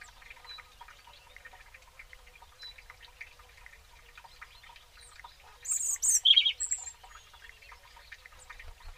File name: Erithacus rubecula